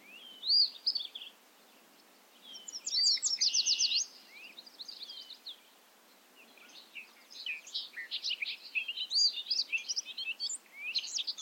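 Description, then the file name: Bobolink song with sharp upslurred notes, a buzzy rattled phrase near three seconds, then a long tumbling run of bright, gurgling notes to the end. Recorded at Ferme Beauchamp. "A bobolink talks to you from Ferme Beauchamp"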